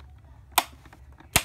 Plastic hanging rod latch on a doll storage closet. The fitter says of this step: um you can easily pop this up right here there's a little latch and it snaps in place just like that